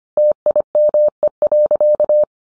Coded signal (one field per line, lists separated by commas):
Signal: Morse code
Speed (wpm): 25 wpm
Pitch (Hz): 600 Hz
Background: none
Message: TIME.